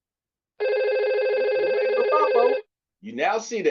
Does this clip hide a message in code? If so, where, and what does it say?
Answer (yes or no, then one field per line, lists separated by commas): no